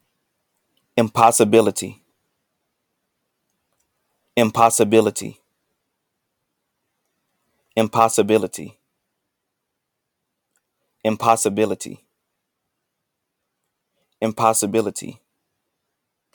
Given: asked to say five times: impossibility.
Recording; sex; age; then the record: repeated word; male; 20 to 29 years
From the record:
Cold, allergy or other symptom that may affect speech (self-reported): no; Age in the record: 23 years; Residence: Texas, United States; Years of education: 17